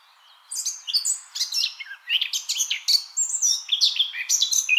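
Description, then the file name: Eurasian blackcap song, a fast rich warble of varied whistled and chattering notes, steady and loud throughout after a short quiet start. "Sylvia atricapilla"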